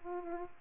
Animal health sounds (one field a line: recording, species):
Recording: mosquito wingbeat signal from an infrared sensor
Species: Culex pipiens